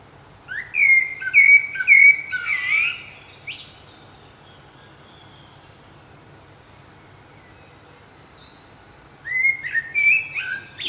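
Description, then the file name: Common blackbird singing a leisurely fluted phrase with a scratchy end, a long pause, then a second whistled phrase with high twittering notes. "Turdus merula"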